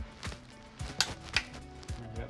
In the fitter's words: click so there's 30 foot pounds go back on top and fill with oil i